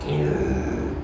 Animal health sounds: contact call of a hoofed animal; pig; closed-mouth grunt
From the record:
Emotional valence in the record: negative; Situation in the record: short social isolation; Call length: 1.04 s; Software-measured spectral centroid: 1330 Hz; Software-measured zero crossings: 930 a second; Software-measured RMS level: -24 dBFS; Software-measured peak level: -11 dBFS

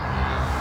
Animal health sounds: contact call of a hoofed animal; cattle; low-frequency (closed-mouth) or high-frequency (open-mouth) call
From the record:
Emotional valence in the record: negative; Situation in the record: full separation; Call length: 0.61 s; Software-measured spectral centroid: 1960 Hz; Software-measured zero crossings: 1640 a second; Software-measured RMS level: -24 dBFS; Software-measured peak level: -13 dBFS

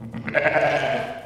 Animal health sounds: contact call of a hoofed animal; sheep; low-frequency (closed-mouth) or high-frequency (open-mouth) call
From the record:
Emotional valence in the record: negative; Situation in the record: short social isolation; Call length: 1.26 s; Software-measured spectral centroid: 1690 Hz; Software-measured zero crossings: 1800 a second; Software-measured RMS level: -23 dBFS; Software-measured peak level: -3 dBFS

